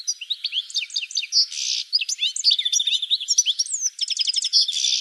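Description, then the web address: Bird song, a fast jumble of high chirps, short trills and buzzy notes, running almost without pause through the whole stretch. "cianscape birddata"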